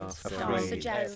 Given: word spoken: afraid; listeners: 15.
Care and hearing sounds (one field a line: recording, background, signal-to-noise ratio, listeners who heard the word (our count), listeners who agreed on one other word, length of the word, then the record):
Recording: one English word in noise, from a listening test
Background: four-talker babble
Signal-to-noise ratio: -2.5 dB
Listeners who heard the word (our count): 0 of 15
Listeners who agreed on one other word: 9 of 15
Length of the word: 0.76 s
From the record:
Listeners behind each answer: 9, 1, 1, 1, 1, 1, 1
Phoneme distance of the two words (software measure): 37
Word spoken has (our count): 2 syllables, 5 phonemes, stress on syllable 2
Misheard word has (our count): 2 syllables, 4 phonemes, stress on syllable 1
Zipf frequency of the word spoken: 5.03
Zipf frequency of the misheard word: 5.94